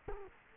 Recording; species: mosquito wingbeat signal from an infrared sensor; Culex quinquefasciatus